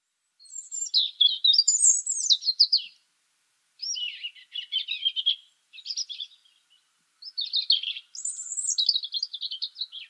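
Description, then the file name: European robin song: several tinkling, jumbled phrases mixing sliding whistles and fast twittering, with brief gaps between them. "Erithacus rubecula"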